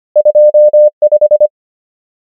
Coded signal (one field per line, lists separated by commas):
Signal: Morse code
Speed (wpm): 25 wpm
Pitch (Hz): 600 Hz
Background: none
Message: 2 5